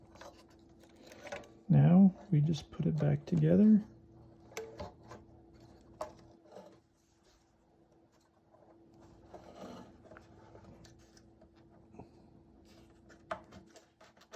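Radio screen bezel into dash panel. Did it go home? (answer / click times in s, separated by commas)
no / none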